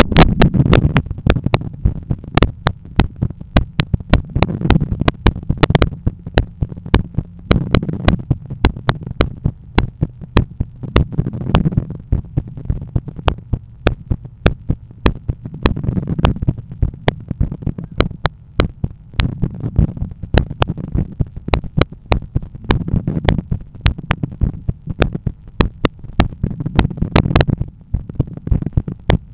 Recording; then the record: heart sounds by stethoscope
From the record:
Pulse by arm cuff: 102 bpm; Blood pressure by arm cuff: 133/81 mmHg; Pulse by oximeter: 101 bpm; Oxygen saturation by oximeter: 96%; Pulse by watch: 98 bpm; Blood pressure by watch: 132/87 mmHg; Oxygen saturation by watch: 97%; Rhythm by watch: sinus rhythm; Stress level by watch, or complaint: medium stress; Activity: after brunch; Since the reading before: plus 4000 steps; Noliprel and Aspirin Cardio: after pills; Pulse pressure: 52 mmHg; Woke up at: 7:20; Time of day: 13:45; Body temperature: 36.2 C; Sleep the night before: 7 h 55 min, score 79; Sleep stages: REM 22%, light 61%, deep 7%, awake 10%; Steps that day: 8800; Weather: sunny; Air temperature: 22.3 C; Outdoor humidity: 62%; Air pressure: 1013 hPa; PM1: 5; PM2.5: 8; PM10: 9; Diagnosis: hypertension, treated with Noliprel and Aspirin Cardio 100 mg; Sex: male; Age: 53 years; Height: 174 cm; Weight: 81 kg